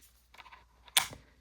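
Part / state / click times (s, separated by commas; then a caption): small plastic side cover into modular keyboard connector slot / seated / 1.0 s. A small plastic side cover is fitted back onto the side connector slot of a beQuiet Dark Mount modular mechanical keyboard, after the wrong piece was grabbed first. Soft plastic taps around 0.4 s and 0.9 s lead to a sharp, loud click at 1.0 s as the cover snaps home. The cover is seated in place.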